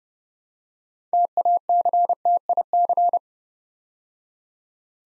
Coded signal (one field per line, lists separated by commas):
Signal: Morse code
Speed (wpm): 30 wpm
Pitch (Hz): 700 Hz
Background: none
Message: TACTIC